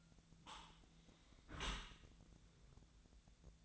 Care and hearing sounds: daily activity, microphone in the room; close dishwasher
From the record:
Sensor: 3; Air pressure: 1000.5 hPa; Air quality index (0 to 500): 173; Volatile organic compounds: 3 ppm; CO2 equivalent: 1501 ppm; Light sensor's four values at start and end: 16/41/17/18 and 16/41/17/18

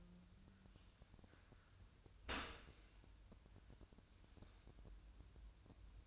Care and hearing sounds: daily activity, microphone in the room; open dishwasher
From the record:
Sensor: 2

